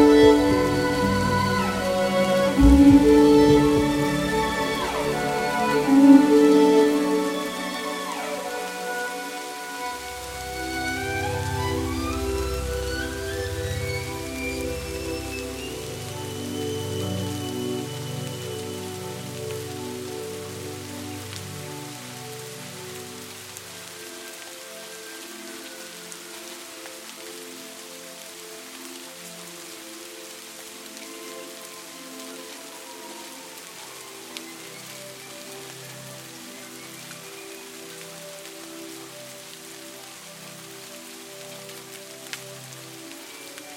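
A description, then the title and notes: A slow violin melody with long held notes and gliding slides, backed by deep sustained low tones for roughly the first 24 seconds before the accompaniment thins out. The music gradually grows quieter, with a soft, steady rain-like patter underneath. Relaxing violin music with rain sounds for sleeping.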